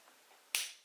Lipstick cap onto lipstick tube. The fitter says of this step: it's not very noticeable and the lid clicks into place